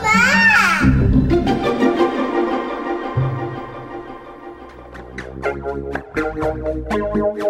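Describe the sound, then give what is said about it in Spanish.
A child's loud, wavering cry bursts out for about a second, then gives way to music with sustained tones and, later, sharp rhythmic hits. “Un llanto en las ondas.”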